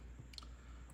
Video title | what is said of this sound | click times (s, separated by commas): Maxace Peregrine disassembly | very tight tolerances like it's clicking into place | 0.3 s, 0.4 s